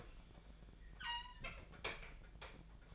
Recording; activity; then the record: daily activity, microphone in the room; open fridge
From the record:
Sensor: 5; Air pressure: 1009.8 hPa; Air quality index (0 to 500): 162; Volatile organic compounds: 4 ppm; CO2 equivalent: 1574 ppm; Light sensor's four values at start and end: 119/304/127/135 and 121/308/129/137